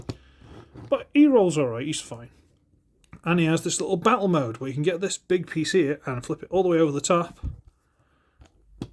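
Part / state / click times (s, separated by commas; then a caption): flip-over plastic piece into transforming toy robot body / seated / 8.8 s. Someone talks while flipping a large plastic piece of a Transformers Legacy Bouldercrash transforming toy robot all the way over the top of its body into battle mode. A sharp plastic click at 8.8 s follows, and the piece locks into place.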